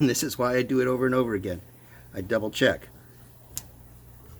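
Someone talks while squeezing the corners of a net breeder lid again to double-check it. One more plastic lid corner tab snaps into its slot in the side panel with a short, sharp click at 3.6 s, and the last tab is seated.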